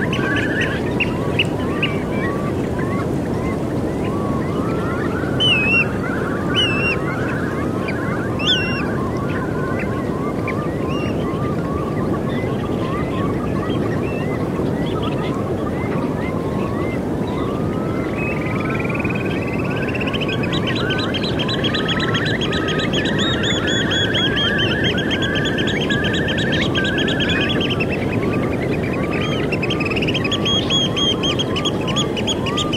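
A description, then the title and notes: Seabirds call over a steady, dense wash of surf, with repeated honking cries throughout and a brighter chattering chorus from about twenty seconds. The endless seaside, the breath of the ocean floating in the air, the call and healing from seabirds.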